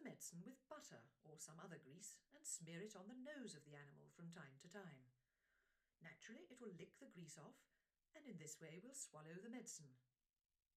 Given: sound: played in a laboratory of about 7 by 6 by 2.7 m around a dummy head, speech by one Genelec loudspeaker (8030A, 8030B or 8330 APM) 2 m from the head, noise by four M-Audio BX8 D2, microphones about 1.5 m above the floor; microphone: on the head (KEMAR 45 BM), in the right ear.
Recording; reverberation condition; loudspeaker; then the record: female speech in English; low; 120 degrees to the right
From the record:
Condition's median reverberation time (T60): about 310 ms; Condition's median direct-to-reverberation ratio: about 3.5 dB